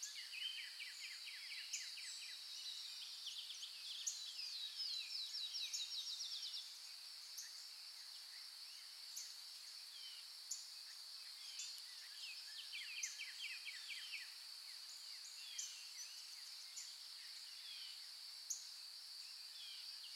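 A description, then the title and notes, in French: Many birds sing at once, with quick chirps, whistles and rapid trills overlapping throughout, busiest in the first six seconds and again around twelve to fourteen seconds. A steady high insect drone runs underneath the whole time. There is no low sound at all. Le Chant des Oiseaux.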